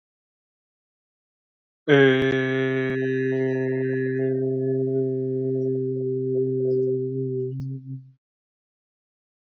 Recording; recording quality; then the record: sustained vowel as in made; excellent, no background noise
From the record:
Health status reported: healthy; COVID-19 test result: not tested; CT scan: not taken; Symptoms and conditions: none ticked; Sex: male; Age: 30 years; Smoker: no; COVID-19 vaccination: one dose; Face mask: not worn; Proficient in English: yes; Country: India